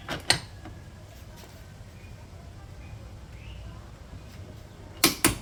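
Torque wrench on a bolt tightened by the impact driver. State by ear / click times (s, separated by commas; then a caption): torque reached / 0.3 s. A torque wrench set to 209 Nm is pulled to loosen a bolt that was tightened with a DCA ADPL208 cordless brushless impact driver, and it gives a sharp click at 0.3 s. The click means the bolt's torque is higher than the 209 Nm setting. After a quiet stretch, two more sharp knocks come at about 5.0 s and 5.2 s.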